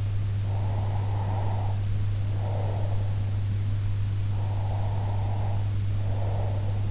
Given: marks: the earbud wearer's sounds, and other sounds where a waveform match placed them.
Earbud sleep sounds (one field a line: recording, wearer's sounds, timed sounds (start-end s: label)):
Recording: sounds in sleep by an in-ear microphone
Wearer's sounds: breath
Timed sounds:
0.43-3.26 s: breath
4.29-6.91 s: breath